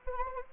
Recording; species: mosquito wingbeat signal from an infrared sensor; Anopheles arabiensis